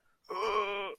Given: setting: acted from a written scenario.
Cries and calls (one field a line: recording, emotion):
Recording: vocal sound without words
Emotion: pain